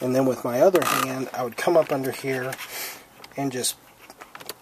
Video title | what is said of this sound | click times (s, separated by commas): 2004 Volvo XC90 Gear Shifter Stuck - Removal And Repair - Will not shift into or out of Park | push it up on there and you hear a positive click a snap into place | 4.3 s, 4.5 s